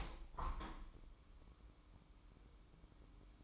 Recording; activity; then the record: daily activity, microphone in the room; open window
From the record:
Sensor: 1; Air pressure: 1015.0 hPa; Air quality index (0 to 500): 47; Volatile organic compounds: 1 ppm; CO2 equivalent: 644 ppm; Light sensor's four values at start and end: 10/25/10/11 and 11/26/10/11